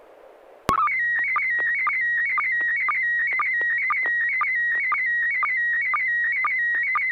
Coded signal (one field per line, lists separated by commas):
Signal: SSTV (slow-scan television)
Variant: PD 120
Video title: N6NA SSTV Net - 06/30/2021